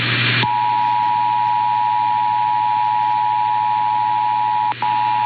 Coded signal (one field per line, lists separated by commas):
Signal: Emergency Alert System (SAME) tones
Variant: 853 and 960 Hz attention tone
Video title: EAS #231-246 - Los Angeles Monthly Tests (2/27/24)